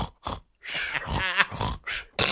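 Loud, rough, grunting snore sounds in irregular bursts, an adult's imitation of very heavy snoring.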